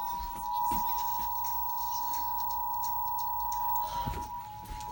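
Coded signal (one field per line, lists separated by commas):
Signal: Emergency Alert System (SAME) tones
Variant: 853 and 960 Hz attention tone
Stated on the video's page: Severe Thunderstorm Warning received on weather radio station KJY99 and on WHRO-TV.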